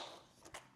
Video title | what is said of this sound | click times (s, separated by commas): Trying Out 2 New Battery Straps for Quest 3 from Kiwi Design | also very easy to snap on I've had some other straps that were a little bit finicky there but that looks good so far | 0.5 s